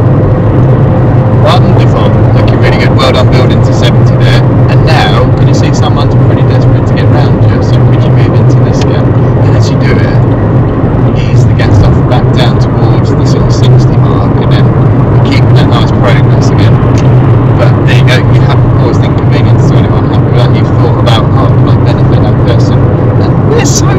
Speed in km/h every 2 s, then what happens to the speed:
105, 105, 106, 106, 108, 108, 106, 105, 101, 101, 101, 101.
0-24 steady at about 105.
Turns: none.